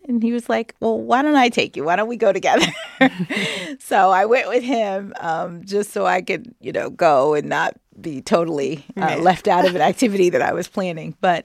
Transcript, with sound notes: And he was like, well, why don't I take you? Why don't we go together?
(LAUGHTER)
So I went with him just so I could, you know, go and not be totally...
Yeah.
...Left out of an activity that I was planning.